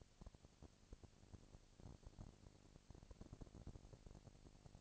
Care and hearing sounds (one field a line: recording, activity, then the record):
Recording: daily activity, microphone in the room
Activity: no activity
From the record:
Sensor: 5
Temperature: 20.1 degrees Celsius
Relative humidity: 38.3%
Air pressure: 998.9 hPa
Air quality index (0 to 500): 218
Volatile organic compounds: 24 ppm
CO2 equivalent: 2807 ppm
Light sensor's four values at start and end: 2/3/1/1 and 2/3/1/1